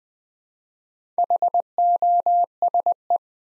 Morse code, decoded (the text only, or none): HOSE